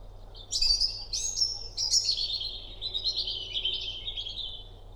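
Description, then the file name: European robin delivering one long, liquid warbling phrase of high whistles and twitters that gradually drifts lower in pitch, with a soft low hum beneath. "Erithacus rubecula"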